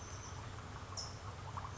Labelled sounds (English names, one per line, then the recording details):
California Towhee
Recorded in Sonoma County, California